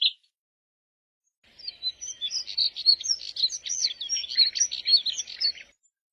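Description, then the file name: Moussier's redstart song: one short note, a pause, then about four seconds of hurried, scratchy high-pitched warbling. "Canto do Redstart de Moussier"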